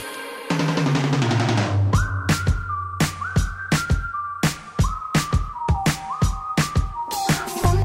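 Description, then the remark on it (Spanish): A whistled melody with short gliding notes rides over a steady, punchy beat and deep bass, with the whistle phrases repeating every second or so. No one speaks. “Ahí volvemos silbando, momento de estrenos”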